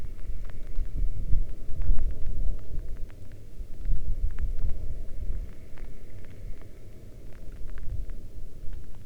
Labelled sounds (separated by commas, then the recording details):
wind, rain
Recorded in the Arctic National Wildlife Refuge, Alaska, on 11 August 2019 at 22:31
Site 40